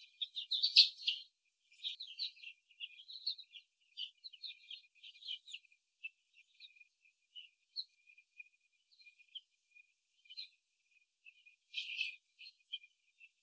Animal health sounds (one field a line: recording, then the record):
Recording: young laying hens in a cage, short pieces joined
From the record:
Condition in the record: before the stressor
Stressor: simulated dog barking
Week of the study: 3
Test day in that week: 1